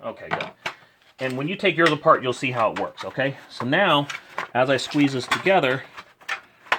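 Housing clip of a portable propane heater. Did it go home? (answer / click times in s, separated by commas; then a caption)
yes / 6.7 s. Someone talks while lining up the small plastic clips on the housing of a Mr. Heater portable propane heater and squeezing the halves together. A sharp click sounds at 6.7 s as the housing clip locks in and seats.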